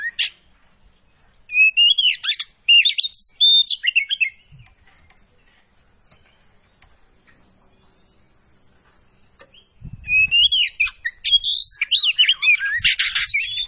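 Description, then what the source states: Oriental magpie-robin singing two energetic bursts of rich whistles and rapid warbling, separated by several seconds of quiet. Kacer poci type, singing gacor (vigorously).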